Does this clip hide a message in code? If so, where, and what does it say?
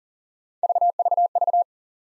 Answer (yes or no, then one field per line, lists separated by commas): no